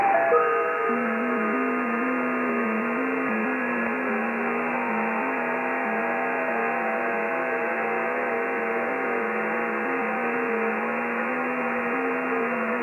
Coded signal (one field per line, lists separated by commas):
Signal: FT8